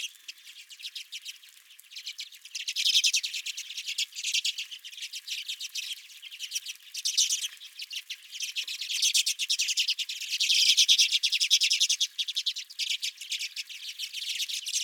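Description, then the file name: Redpolls give a busy, high-pitched chatter of rapid dry trills and twitters, rising and falling in several surges. Redpolls calling at the recordist's feeder. "Redpolls at My Feeder"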